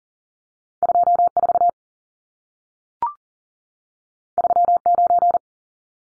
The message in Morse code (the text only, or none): 24 39